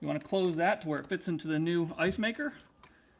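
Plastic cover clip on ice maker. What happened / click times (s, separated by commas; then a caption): Handled, not yet home: the plastic cover clip has not snapped shut / none. Someone talks while handling the plastic cover clip over the coil on a new Samsung ice maker during its replacement, closing it to where it fits into the ice maker. A faint, brief tick sounds near 2.8 s as the speech fades. The cover has not snapped shut yet, and nothing has seated or clicked.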